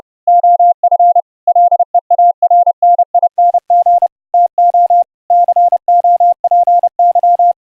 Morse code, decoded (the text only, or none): OF LEARNING TO COPY